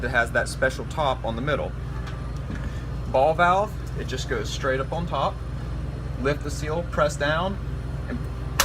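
A gas/liquid quick-disconnect coupler is pressed straight down onto the ball-lock post on the middle valve of a nitro keg, which has a special top. Someone talks over a low steady hum. A sharp click at 8.6 s marks the coupler seating onto the post.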